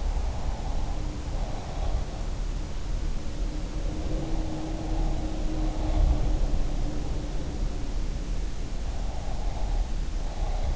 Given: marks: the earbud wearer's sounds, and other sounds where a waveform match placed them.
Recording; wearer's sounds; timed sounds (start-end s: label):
sounds in sleep by an in-ear microphone; breath
0.00-2.02 s: breath
2.91-7.70 s: sound from someone else or the room
8.95-10.76 s: breath